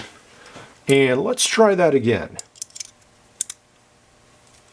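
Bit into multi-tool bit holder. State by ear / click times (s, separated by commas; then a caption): seated / 3.4 s. Someone talks, then a bit that had fallen out of a NexTool 9-in-1 multi-tool (Black Knight / Adjustable Wrench) is pushed back into its bit holder; a few faint clicks at 2.6–2.8 s lead to one sharp snap at 3.4 s. The bit is seated, having likely not been seated properly the first time it fell out.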